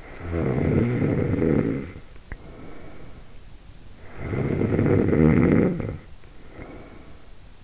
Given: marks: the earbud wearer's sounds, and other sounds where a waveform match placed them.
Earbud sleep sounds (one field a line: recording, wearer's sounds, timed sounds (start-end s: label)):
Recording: sounds in sleep by an in-ear microphone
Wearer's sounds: snoring breath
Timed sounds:
0.00-3.59 s: snoring breath
3.99-7.31 s: snoring breath